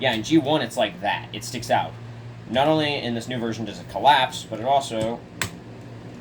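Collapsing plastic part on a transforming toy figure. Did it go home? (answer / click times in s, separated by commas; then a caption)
yes / 5.4 s. A plastic part on a transforming combiner toy figure, which sticks out on the older version, is collapsed and pushed until it snaps into place with a sharp click at 5.4 s. Someone talks throughout the clip.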